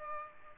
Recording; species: mosquito wingbeat signal from an infrared sensor; Aedes aegypti